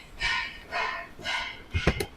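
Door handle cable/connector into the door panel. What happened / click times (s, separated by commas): The connector clicked into place / 2.0 s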